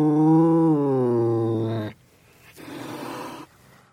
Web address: audio animali gatti gatti cats